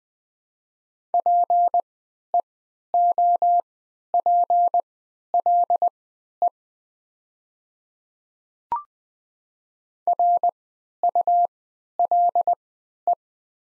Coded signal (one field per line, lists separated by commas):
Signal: Morse code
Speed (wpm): 20 wpm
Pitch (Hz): 700 Hz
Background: none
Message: PEOPLE RULE